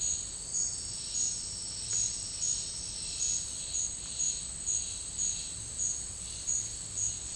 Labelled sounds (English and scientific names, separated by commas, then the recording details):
none
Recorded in dense forest near Puerto Asís, Putumayo, Colombia, on 19 March 2025 at 10:30
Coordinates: 0.485, -76.318
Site G056